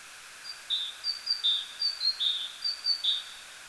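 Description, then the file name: Great tit repeating a two-note phrase, a thin high note dropping to a lower one, several pairs in quick succession against steady background hiss. "Parus major"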